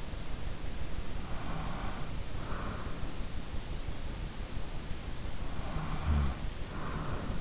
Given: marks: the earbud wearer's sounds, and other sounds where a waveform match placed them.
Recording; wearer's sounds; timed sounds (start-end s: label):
sounds in sleep by an in-ear microphone; breath, snoring breath
1.40-2.90 s: breath
5.72-7.40 s: snoring breath